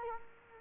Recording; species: mosquito wingbeat signal from an infrared sensor; Culex quinquefasciatus